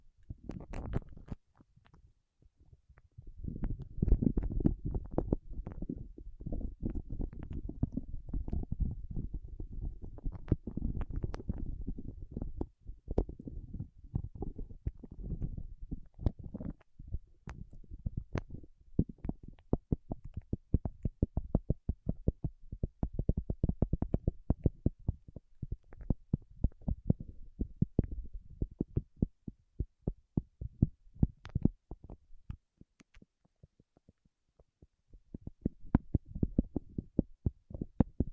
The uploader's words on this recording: ASMR with Wax Fingertips for Sleep (No Talking).